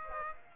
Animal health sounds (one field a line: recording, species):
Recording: mosquito wingbeat signal from an infrared sensor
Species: Aedes aegypti